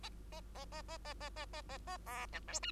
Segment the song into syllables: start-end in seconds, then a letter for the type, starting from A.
0.03-0.09 A, 0.32-0.41 A, 0.55-0.65 A, 0.72-0.82 A, 0.88-0.97 A, 1.05-1.14 A, 1.20-1.29 A, 1.36-1.46 A, 1.53-1.61 A, 1.69-1.78 A, 1.87-1.97 A, 2.06-2.26 B, 2.33-2.40 C, 2.48-2.60 D, 2.62-2.71 E